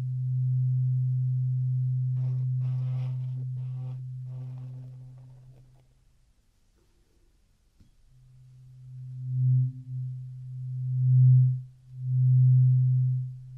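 Ear cleaning, set over a steady low hum that fills the opening seconds. Light scratchy rustles of the tool come in bursts from about two to five seconds, then a near-silent pause, before the hum returns with slow swelling pulses.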